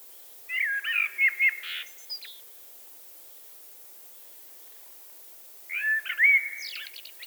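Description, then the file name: Eurasian blackbird song: a fluty warbled phrase with squeaky tail, silence of a few seconds, then another phrase ending in high scratchy twitters. "Turdus merula"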